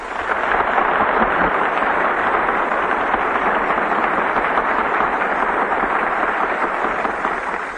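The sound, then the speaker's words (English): A studio audience breaks into steady, dense applause that holds at an even, fairly loud level for several seconds, a continuous crackle of many hands clapping with no voices over it. “we can't miss the applause before we even start, so let's get them while they're in the mood.”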